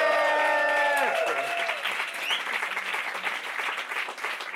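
A crowd bursts into steady, dense applause following a brief tonal sound that fades out at the start; the clapping continues evenly throughout.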